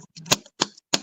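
A driver bit turning a new screw into an electrical device slips and cams out of the screw head with a rapid chattering, clicking sound, giving sharp clicks at 0.3, 0.6 and 0.9 seconds. The bit keeps camming out even under hard pushing, leaving the screw head stripped.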